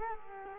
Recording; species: mosquito wingbeat signal from an infrared sensor; Culex quinquefasciatus